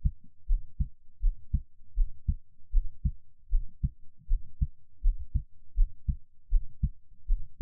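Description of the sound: A person's own heartbeat, close-miked: steady, deep heartbeat thumps at about 80 beats a minute with a regular rhythm; no talking.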